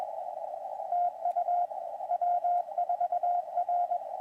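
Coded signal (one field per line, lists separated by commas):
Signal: Morse code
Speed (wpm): 21 wpm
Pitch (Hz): 720 Hz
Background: radio noise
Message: TU W4R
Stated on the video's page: Winter Field Day live stream.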